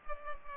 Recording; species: mosquito wingbeat signal from an infrared sensor; Culex pipiens